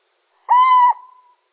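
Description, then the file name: Little owl giving a single flat, mellow hoot lasting under half a second, ending in a soft fading tail, with silence around it. Male. "Sycek obecny samec"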